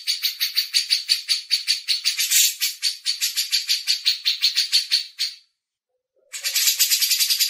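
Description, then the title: Grey-cheeked bulbul chattering in a long, rapid series of rasping, buzzy notes, then a brief pause before the series resumes. Masteran training audio. "MASTERAN CUCAK JENGGOT"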